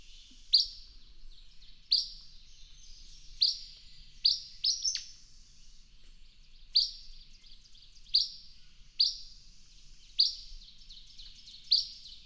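Songbird singing short, sharp high phrases that begin with a bright note, repeated at short intervals over quiet background.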